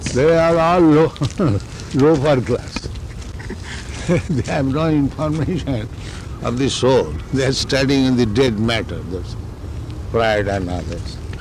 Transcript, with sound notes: They are all loafer class. [chuckling] They have no information of the soul. They are studying in the dead matter, that's all---Freud and others,